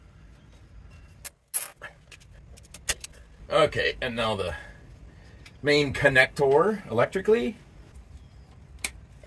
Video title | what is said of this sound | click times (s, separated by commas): 2010 Volvo VNL Solenoid 4 pack Diagnosis | we go I heard it click we'll put another tie wrap here want everything nice and nip and Tuck | 8.9 s